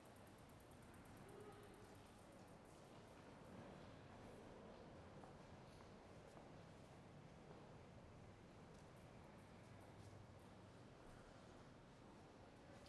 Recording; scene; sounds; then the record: everyday scene through a hearing-aid microphone; reverberant space; background noise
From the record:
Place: railway station hall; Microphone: behind the ear, left, rear